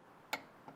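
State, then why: Torque reached. A click-type torque wrench set to 95 ft-lb is pulled on a lug nut of a Mustang wheel. It gives a sharp, bright click at 0.3 s as the head gives out slightly at the set torque, and a fainter tick follows at about 0.7 s. The wrench has reached 95 ft-lb on that lug nut.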